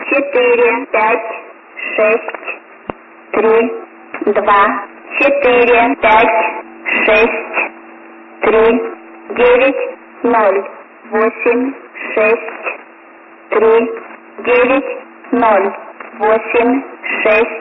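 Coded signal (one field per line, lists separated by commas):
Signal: numbers station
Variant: S06s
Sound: a voice reading single numbers at even intervals, about 20 words, over radio hiss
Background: radio static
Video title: S06s Ukraine Numbers 01/06/2011 1910 UTC 9110kHz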